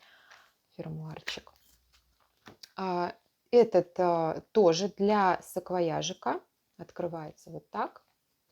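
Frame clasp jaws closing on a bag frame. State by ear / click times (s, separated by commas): not seated / none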